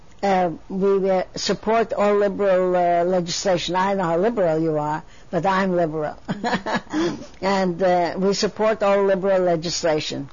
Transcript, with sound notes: we support all liberal legislation. I don't know how liberal you are, but I'm liberal. (She laughs.) And we support all liberal legislation.